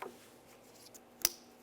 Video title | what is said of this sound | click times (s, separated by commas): How To Replace Corner Light 2003-2011 Mercury Grand Marquis | listen for a click make sure it's secure | 1.2 s